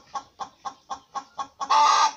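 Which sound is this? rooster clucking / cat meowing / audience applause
rooster clucking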